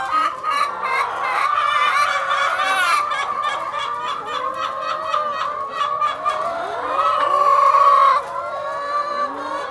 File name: chicken clucking